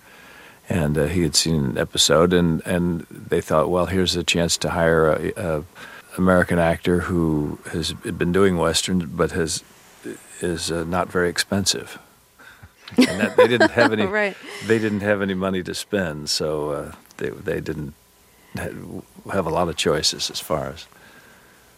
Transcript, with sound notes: And he had seen an episode, and they thought, well, here's a chance to hire an American actor who has been doing Western but is not very expensive.
They didn't have any...
(Laughter) Right.
They didn't have any money to spend, so they didn't have a lot of choices as far as